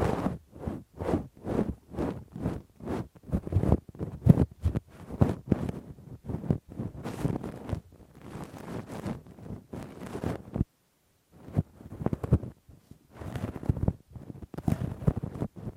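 Rough, deep ear cleaning with a Q-tip and ear pick: a run of rapid scratching and rubbing strokes, low and scratchy, repeating about twice a second at first. After ten seconds there is a brief silence, then slower, uneven bursts of scraping resume.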